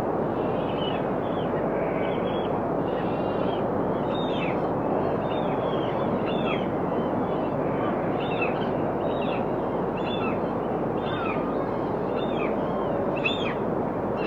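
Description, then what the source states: Birds calling, many short harsh and squealing notes overlapping throughout, over a constant loud rushing background roar. On a rocky shoreline.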